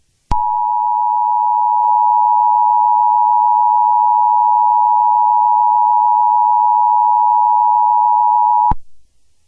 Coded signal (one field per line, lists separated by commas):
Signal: Emergency Alert System (SAME) tones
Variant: 853 and 960 Hz attention tone